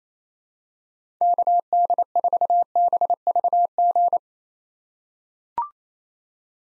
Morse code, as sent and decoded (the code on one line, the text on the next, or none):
-.- -.. ....- -... ...- --.
KD4BVG